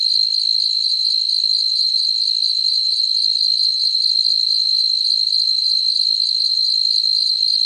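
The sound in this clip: Cicada song, a continuous shrill buzz holding steady throughout with a fine rapid pulsing and no break.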